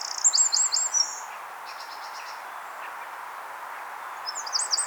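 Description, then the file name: Eurasian wren song, a quick high trill at the start, a quiet stretch, then another brief trill at the end. "Troglodytes troglodytes"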